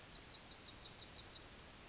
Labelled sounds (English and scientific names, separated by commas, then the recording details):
Yellowhammer (Emberiza citrinella) song
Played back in forest
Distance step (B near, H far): E
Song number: 000